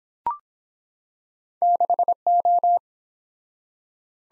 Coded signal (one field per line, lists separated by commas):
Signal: Morse code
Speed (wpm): 23 wpm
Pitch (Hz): 700 Hz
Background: none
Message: 6O